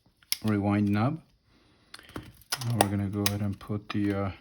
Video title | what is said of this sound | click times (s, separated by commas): Pentax K-1000 - Replacing damaged prism | now you can see how nicely it snaps this lever snubs back into the | 0.3 s